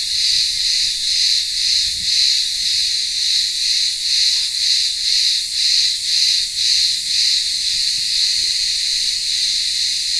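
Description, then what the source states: Dense cicada chorus, a shrill buzzing drone that throbs in regular waves roughly every half second. Cicadas in a village town square on the remote island of Ikaria, Greece, singing in the midday heat.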